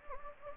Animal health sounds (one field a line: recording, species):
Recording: mosquito wingbeat signal from an infrared sensor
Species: Anopheles gambiae